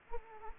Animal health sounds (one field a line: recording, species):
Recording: mosquito wingbeat signal from an infrared sensor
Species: Anopheles arabiensis